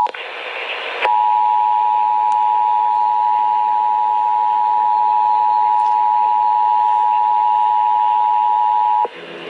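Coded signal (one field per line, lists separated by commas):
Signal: Emergency Alert System (SAME) tones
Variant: 853 and 960 Hz attention tone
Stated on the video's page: Child abduction alert received on AM/FM radio.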